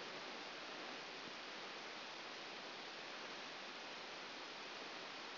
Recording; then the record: brain microelectrode recording played as sound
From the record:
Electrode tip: outside the subthalamic nucleus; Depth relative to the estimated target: 2 mm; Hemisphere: left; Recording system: AlphaMap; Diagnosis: Parkinson's disease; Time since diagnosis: 11 years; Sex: female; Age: 60 years